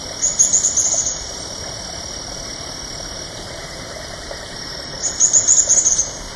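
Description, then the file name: Olive Spinetail calls: two brief bursts of very high, rapid chittering notes, one at the start and one near the end, over steady background hiss. Recorded at Cruce Caballero on 30 March 2013. "Cranioleuca-obsoleta 2013-03-30 PP-Cruce-Caballero Jorge-La-Grotteria"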